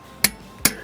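A click-type torque wrench tightens the next lug nut on a wheel of a 2005 Nissan Xterra. Two sharp clicks ring out at 0.2 s and 0.7 s over a quiet background. The wrench confirms that the lug nut has reached torque.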